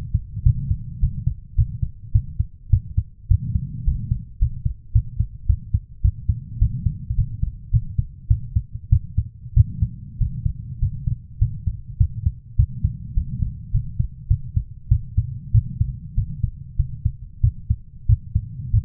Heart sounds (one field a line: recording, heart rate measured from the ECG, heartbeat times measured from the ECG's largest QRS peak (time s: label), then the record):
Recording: heart sounds by stethoscope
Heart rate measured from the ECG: 102 bpm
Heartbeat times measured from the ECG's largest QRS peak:
0.44 s: heartbeat
1.01 s: heartbeat
1.56 s: heartbeat
2.13 s: heartbeat
2.71 s: heartbeat
3.29 s: heartbeat
3.85 s: heartbeat
4.39 s: heartbeat
4.93 s: heartbeat
5.47 s: heartbeat
6.02 s: heartbeat
6.59 s: heartbeat
7.16 s: heartbeat
7.71 s: heartbeat
8.28 s: heartbeat
8.90 s: heartbeat
9.54 s: heartbeat
10.19 s: heartbeat
10.80 s: heartbeat
11.39 s: heartbeat
11.98 s: heartbeat
12.57 s: heartbeat
13.15 s: heartbeat
13.72 s: heartbeat
14.28 s: heartbeat
14.89 s: heartbeat
15.52 s: heartbeat
16.15 s: heartbeat
16.77 s: heartbeat
17.41 s: heartbeat
18.07 s: heartbeat
18.71 s: heartbeat
From the record:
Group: healthy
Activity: rest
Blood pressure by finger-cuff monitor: 137/65 mmHg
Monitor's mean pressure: 89 mmHg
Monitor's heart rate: 105 bpm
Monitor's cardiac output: 9.7 L/min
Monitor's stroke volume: 94 mL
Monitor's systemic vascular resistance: 650 dyn s/cm5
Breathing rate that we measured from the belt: 19 breaths a minute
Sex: female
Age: 24 years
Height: 163 cm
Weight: 55.7 kg